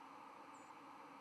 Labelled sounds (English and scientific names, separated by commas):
White-throated Sparrow (Zonotrichia albicollis) flight call